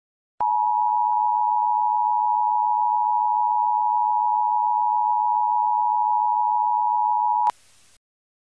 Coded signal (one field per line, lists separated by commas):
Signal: Emergency Alert System (SAME) tones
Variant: 853 and 960 Hz attention tone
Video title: EAS Scenario: If Lucow Fozzerit took over the world. (PURE FICTION)